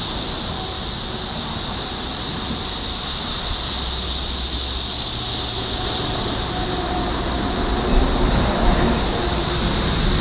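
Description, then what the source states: Cicadas keep up a high, even buzzing drone while a low vehicle rumble swells in the middle and a couple of soft knocks sound near the end. Topeka, Kansas; 14 June 2015.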